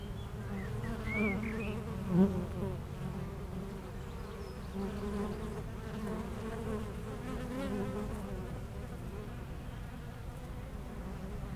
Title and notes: 41 Chem. de Memard, 73100 Aix-les-Bains, France - Les abeilles. Entre deux ruches du rucher du jardin vagabond à Aix-les-bains les abeilles sont en pleine collecte et font d'incessants aller retour vers les fleurs, quelques oiseaux dans le bois voisin